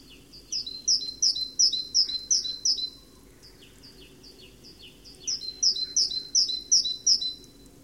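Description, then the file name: Great tit sounding two runs of sharp, high two-note phrases, each about three per second, separated by a two-second lull, against steady low background noise. "Parus major"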